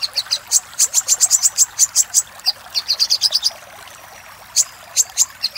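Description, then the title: Little spiderhunter's sharp, high notes run quickly for a few seconds, then go quiet before a few scattered chips return. Master recording for training cage birds; local name sogok ontong. "Masteran Burung Sogok Ontong Labaik"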